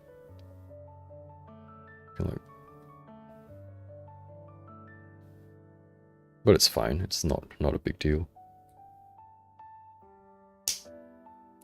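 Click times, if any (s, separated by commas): 10.7 s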